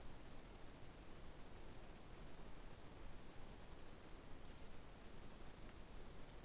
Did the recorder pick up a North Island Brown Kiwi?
no